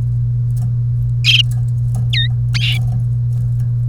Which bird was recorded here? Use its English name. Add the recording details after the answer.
Domestic Canary. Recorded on 30 April 2018 at 16:36. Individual llb3